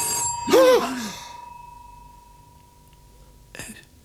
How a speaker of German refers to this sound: Es klingelt.